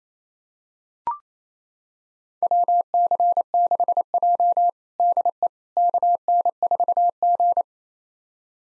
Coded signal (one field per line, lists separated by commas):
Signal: Morse code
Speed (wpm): 28 wpm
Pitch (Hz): 700 Hz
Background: none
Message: WC6J DE KN4G